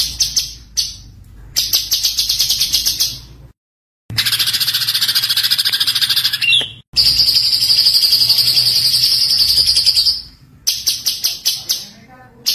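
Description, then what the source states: White-eye singing in high, rapid chattering bursts with brief silences between them, including a long sustained thin trill near the middle. Continuously singing (gacor) white-eye, in a masteran recording with full tembakan bursts.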